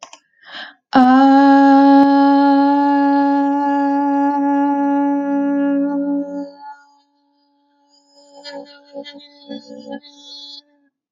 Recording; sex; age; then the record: vowel held as long as possible; female; 20 to 29 years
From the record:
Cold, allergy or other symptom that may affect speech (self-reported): no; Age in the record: 29 years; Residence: New York, United States